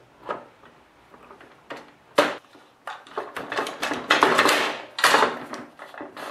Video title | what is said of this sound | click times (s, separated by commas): TOOL REVIEW - R255SMS Multi-Material Cutting 10 In. TCT Sliding Miter Saw | you push all the way in you should hear these click into they're locking places and | 4.1 s, 4.2 s